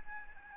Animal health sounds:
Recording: mosquito wingbeat signal from an infrared sensor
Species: Aedes albopictus

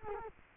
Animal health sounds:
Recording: mosquito wingbeat signal from an infrared sensor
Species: Culex quinquefasciatus

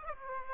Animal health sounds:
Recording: mosquito wingbeat signal from an infrared sensor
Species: Aedes aegypti

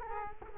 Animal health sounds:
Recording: mosquito wingbeat signal from an infrared sensor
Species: Culex quinquefasciatus

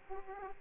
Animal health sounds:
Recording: mosquito wingbeat signal from an infrared sensor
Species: Aedes aegypti

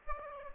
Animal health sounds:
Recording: mosquito wingbeat signal from an infrared sensor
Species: Aedes aegypti

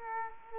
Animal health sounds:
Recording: mosquito wingbeat signal from an infrared sensor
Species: Culex quinquefasciatus

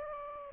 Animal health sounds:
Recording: mosquito wingbeat signal from an infrared sensor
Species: Anopheles gambiae

